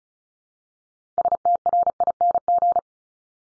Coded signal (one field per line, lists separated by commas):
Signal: Morse code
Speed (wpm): 36 wpm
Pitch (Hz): 700 Hz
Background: none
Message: STRING